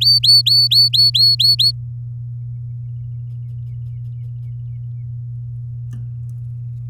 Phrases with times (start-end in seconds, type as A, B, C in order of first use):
0.01-1.72 A